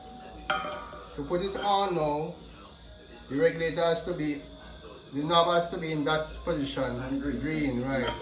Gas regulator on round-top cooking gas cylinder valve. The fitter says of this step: you squeeze it in, you hear a click sound. And that way, the regulator is ready to come off.